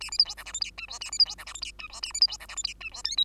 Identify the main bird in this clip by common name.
Bengalese Finch